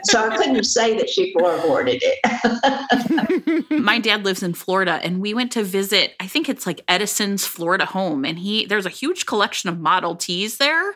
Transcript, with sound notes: So I couldn't say that she floorboarded it. (laughter) My dad lives in Florida and we went to visit, I think it's Edison's Florida home, and there's a huge collection of Model T's there.